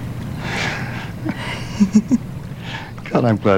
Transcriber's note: soundbite of laughter